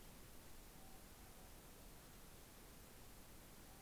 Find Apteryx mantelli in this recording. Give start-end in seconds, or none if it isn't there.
none